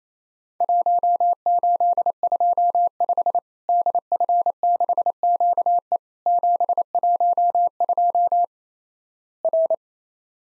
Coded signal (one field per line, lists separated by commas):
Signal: Morse code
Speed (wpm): 27 wpm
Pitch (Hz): 700 Hz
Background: none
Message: 1825 DF6QE 712 R